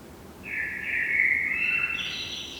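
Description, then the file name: Common blackbird delivering one flowing, mellow whistled phrase that climbs at the end into a thinner, higher flourish. "Turdus merula"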